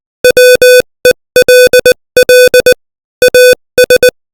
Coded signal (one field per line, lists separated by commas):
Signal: Morse code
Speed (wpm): 20 wpm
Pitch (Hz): 500 Hz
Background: music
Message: WELL AS